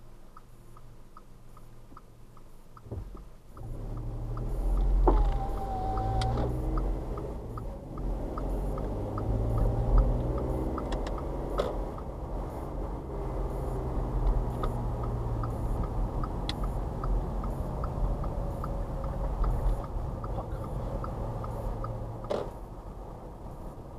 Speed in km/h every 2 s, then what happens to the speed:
0, 0, 3, 16, 21, 29, 32, 27, 23, 18, 16, 16.
0-3 standing. 3-11 pulls away to 32. 11-24 slows to 16.